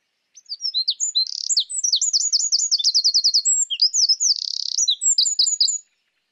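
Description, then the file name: Eurasian wren pouring out an energetic, high, rapid song: sweeping notes, fast rattling trills and a buzzy section, continuous for about five and a half seconds. "Troglodytes troglodytes"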